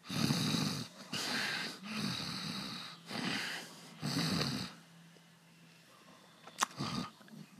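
Five rough, rumbling snore-like breaths, imitated snoring made in the throat.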